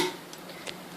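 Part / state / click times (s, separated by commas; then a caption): manual can opener onto the rim of a can / seated / 0.7 s. A manual can opener's cutting part is hooked under the lip of a metal can and its handles are squeezed until the opener clicks into place on the rim. A faint tick at 0.3 s is followed by a sharp, brief click at 0.7 s as the opener seats on the rim.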